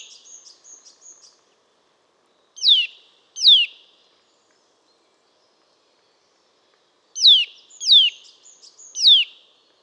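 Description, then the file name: Eurasian nuthatch: faint high twittering first, then two downslurred whistled calls, a pause, and three more in quick succession. "Sitta europaea"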